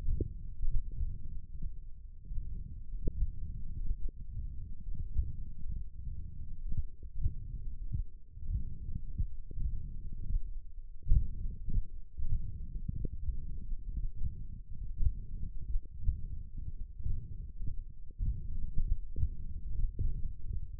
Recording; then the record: forearm muscle sounds (acoustic myography)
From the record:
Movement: tripod grip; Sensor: system 1, eight BSWA MPA416 microphones around the upper forearm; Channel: 2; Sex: male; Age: 21 years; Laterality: right